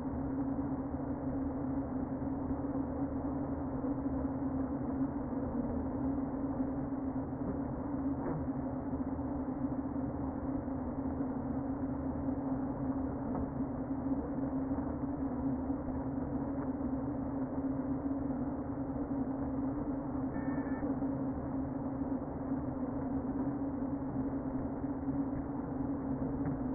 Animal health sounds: honeybee colony, microphone inside the hive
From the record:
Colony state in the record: queen present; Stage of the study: before two queens were removed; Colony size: about 60,000 bees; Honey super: yes

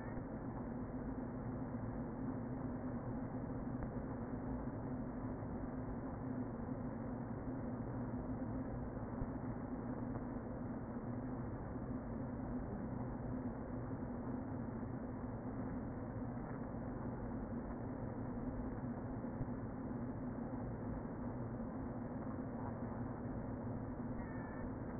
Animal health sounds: honeybee colony, microphone inside the hive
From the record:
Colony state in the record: queen present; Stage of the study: before two queens were removed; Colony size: about 60,000 bees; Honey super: yes

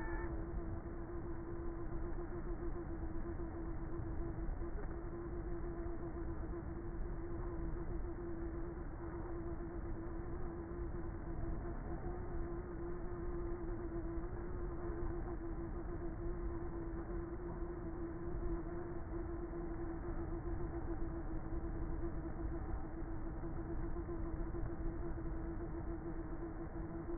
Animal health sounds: honeybee colony, microphone inside the hive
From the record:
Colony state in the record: queenless with a low population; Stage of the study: before two queens were removed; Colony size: about 30,000 bees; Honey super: no

